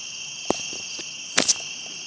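Cricket producing a constant high trill, broken by sharp clicks or taps, one early on and a short cluster later.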